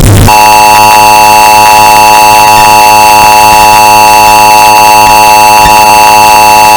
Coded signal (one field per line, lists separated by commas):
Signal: Emergency Alert System (SAME) tones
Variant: 853 and 960 Hz attention tone